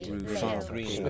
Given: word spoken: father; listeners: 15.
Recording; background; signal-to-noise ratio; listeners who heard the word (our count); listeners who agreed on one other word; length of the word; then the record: one English word in noise, from a listening test; four-talker babble; -2.7 dB; 2 of 15; 10 of 15; 0.70 s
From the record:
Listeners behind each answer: 10, 2, 1, 1, 1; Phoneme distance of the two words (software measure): 35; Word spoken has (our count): 2 syllables, 4 phonemes, stress on syllable 1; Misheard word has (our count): 1 syllable, 3 phonemes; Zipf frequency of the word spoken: 5.26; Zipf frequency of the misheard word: 4.72